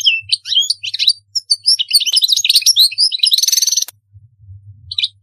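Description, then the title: European goldfinch song: sweet, varied chirps building into a buzzy trill, then a short pause and a few more notes over a low hum. "Chant Chardonneret"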